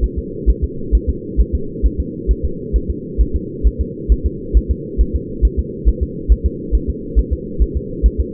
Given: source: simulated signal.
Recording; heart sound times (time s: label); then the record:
fetal heart sounds
0.04 s: S1
0.18 s: S2
0.49 s: S1
0.64 s: S2
0.95 s: S1
1.09 s: S2
1.40 s: S1
1.55 s: S2
1.86 s: S1
2.00 s: S2
2.31 s: S1
2.45 s: S2
2.76 s: S1
2.90 s: S2
3.21 s: S1
3.36 s: S2
3.67 s: S1
3.81 s: S2
4.12 s: S1
4.26 s: S2
4.57 s: S1
4.71 s: S2
5.01 s: S1
5.16 s: S2
5.45 s: S1
5.59 s: S2
5.88 s: S1
6.03 s: S2
6.32 s: S1
6.46 s: S2
6.75 s: S1
6.90 s: S2
7.19 s: S1
7.33 s: S2
7.62 s: S1
7.77 s: S2
8.06 s: S1
8.20 s: S2
From the record:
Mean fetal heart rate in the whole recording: 135 bpm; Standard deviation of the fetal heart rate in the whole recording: 3 bpm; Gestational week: 34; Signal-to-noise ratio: -4.3 dB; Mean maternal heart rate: 72 bpm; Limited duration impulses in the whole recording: absent